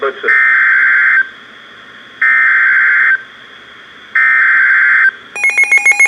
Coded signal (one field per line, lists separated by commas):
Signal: Emergency Alert System (SAME) tones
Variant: header bursts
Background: speech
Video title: Severe Thunderstorm Warning (EAS #1643)